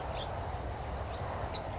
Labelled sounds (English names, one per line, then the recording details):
California Towhee
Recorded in Sonoma County, California